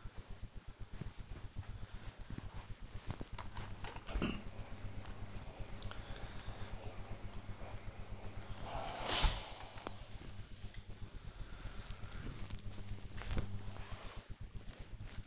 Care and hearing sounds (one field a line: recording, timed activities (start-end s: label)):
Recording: household activities, microphone on the right wrist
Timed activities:
0.00-15.27 s: ironing laundry